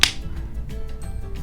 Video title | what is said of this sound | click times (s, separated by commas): Transformers Concept Art Sunstreaker Transformation Video | And once you hear that snap, you're nicely set. | 0.0 s